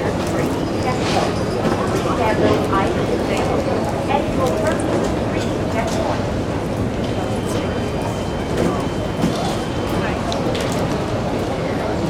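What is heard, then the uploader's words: An airport terminal fills with a steady crowd murmur, many overlapping voices with no single speaker standing out. A low rumble sits underneath, and light clacks and footsteps pop through, while a thin high tone hangs briefly near the middle. AIRPORT TERMINAL. MyNoise Terminal.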